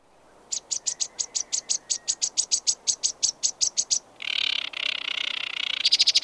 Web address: sedgewarbler singing